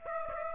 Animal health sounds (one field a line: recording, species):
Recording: mosquito wingbeat signal from an infrared sensor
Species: Aedes aegypti